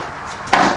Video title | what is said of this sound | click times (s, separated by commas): Kobalt 28-inch Garage Wall Cabinet (Review & Overview) | and it's all going to click in and then that | 0.5 s